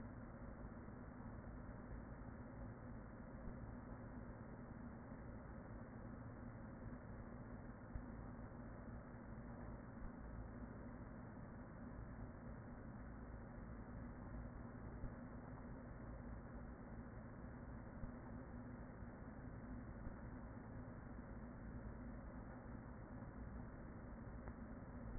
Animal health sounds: honeybee colony, microphone inside the hive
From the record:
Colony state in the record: queen present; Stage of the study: after two queens were removed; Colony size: about 40,000 bees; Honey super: no

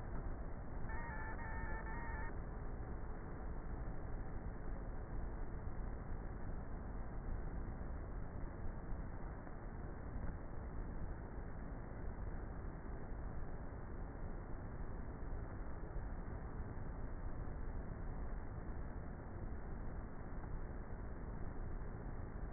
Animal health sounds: honeybee colony, microphone inside the hive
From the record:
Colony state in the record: queenless with a low population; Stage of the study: before two queens were removed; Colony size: about 30,000 bees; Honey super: no

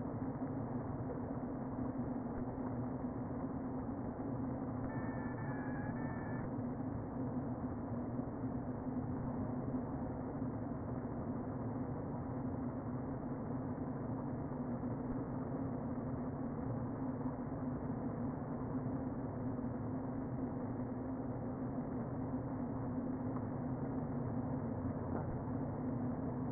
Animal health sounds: honeybee colony, microphone inside the hive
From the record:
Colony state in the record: queen present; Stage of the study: before two queens were removed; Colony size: about 60,000 bees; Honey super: yes

